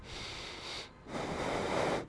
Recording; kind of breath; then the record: one breath in and out by a microphone near the nose and mouth; deep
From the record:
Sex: male